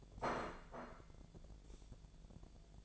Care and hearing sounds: daily activity, microphone in the room; place plate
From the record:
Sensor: 5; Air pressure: 1000.3 hPa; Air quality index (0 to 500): 120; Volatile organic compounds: 1 ppm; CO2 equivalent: 952 ppm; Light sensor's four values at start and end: 93/221/94/101 and 93/221/94/101

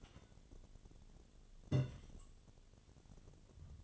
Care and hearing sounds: daily activity, microphone in the room; take from stove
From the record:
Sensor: 4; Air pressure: 1010.8 hPa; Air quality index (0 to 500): 169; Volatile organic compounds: 5 ppm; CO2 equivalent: 1720 ppm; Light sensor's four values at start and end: 39/111/44/46 and 39/112/45/46

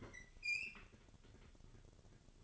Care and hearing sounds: daily activity, microphone in the room; open fridge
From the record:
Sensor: 4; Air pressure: 1008.6 hPa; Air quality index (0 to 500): 72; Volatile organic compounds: 1 ppm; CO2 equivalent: 624 ppm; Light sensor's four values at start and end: 12/28/11/11 and 12/27/11/11

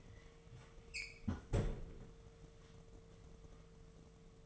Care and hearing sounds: daily activity, microphone in the room; close fridge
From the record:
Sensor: 4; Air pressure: 1015.8 hPa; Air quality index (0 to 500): 190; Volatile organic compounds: 9 ppm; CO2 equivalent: 2196 ppm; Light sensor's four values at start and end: 8/17/7/7 and 10/23/9/9

